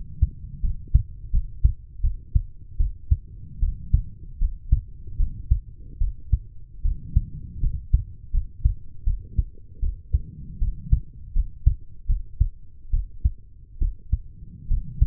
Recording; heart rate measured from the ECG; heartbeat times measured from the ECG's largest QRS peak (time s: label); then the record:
heart sounds by stethoscope; 77 bpm
0.61 s: heartbeat
1.31 s: heartbeat
2.02 s: heartbeat
2.77 s: heartbeat
3.60 s: heartbeat
4.39 s: heartbeat
5.17 s: heartbeat
5.99 s: heartbeat
6.82 s: heartbeat
7.61 s: heartbeat
8.32 s: heartbeat
9.04 s: heartbeat
9.80 s: heartbeat
10.59 s: heartbeat
11.33 s: heartbeat
12.07 s: heartbeat
12.91 s: heartbeat
13.79 s: heartbeat
14.68 s: heartbeat
From the record:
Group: healthy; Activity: rest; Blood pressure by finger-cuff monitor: 105/63 mmHg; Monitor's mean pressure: 75 mmHg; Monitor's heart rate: 76 bpm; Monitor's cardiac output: 6.2 L/min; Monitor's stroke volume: 81 mL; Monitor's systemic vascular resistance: 860 dyn s/cm5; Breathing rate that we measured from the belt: 17 breaths a minute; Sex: female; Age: 23 years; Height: 160 cm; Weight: 50.4 kg